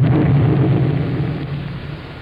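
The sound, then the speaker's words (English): A deep, heavy explosion rumble of the First National Bank blowing up, loud and sustained for about two seconds with a slow fade, low booming roar without any voices. “I wonder what that explosion was.”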